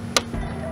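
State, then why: Seated. A plastic door panel trim clip on a 2010–2015 Toyota Prius is pressed into the car door, giving a single sharp click at 0.2 s. The clip seats into place.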